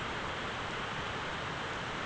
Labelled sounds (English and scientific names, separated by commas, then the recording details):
none
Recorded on Arctic tundra, site ZACK-1, on 13 June 2019
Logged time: 03:49